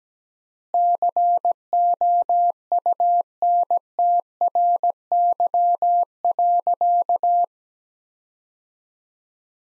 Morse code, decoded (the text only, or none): COUNTRY.